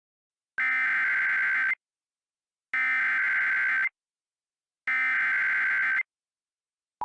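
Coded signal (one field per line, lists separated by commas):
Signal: Emergency Alert System (SAME) tones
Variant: header bursts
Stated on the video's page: SAME tones in a fictional EAS scenario about Siren Head attacking Loveland, Colorado.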